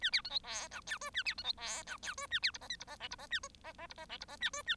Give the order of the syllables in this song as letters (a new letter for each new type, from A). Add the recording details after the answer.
A B C D E F G H A B C D E F G H A B I J K I J L I J A J J I J L I J A H A. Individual Bird1